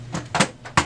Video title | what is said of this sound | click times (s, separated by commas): Brother HL L6200dw - Onyx Imaging - Printer Repair OKC - How to Reset Your Drum Unit | put your cartridge in it'll click in place | 0.8 s